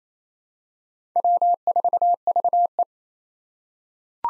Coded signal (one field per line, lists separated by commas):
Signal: Morse code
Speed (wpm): 27 wpm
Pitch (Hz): 700 Hz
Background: none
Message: W4VE